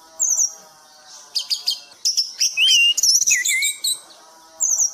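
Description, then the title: Thrush giving rapid twittering phrases mixed with clear slurred whistles, over a steady low humming background. Masteran recording of bird sound for tutoring cage birds; title describes it as gacor teler. "anis gacor teler"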